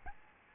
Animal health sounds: mosquito wingbeat signal from an infrared sensor; Aedes albopictus

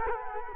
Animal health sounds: mosquito wingbeat signal from an infrared sensor; Culex quinquefasciatus

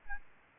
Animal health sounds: mosquito wingbeat signal from an infrared sensor; Anopheles arabiensis

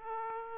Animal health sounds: mosquito wingbeat signal from an infrared sensor; Aedes aegypti

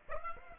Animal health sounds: mosquito wingbeat signal from an infrared sensor; Aedes aegypti

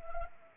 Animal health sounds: mosquito wingbeat signal from an infrared sensor; Anopheles arabiensis

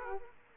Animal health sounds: mosquito wingbeat signal from an infrared sensor; Aedes aegypti

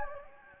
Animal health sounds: mosquito wingbeat signal from an infrared sensor; Anopheles gambiae

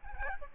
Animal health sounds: mosquito wingbeat signal from an infrared sensor; Aedes albopictus

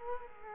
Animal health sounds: mosquito wingbeat signal from an infrared sensor; Culex quinquefasciatus

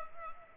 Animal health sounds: mosquito wingbeat signal from an infrared sensor; Culex pipiens

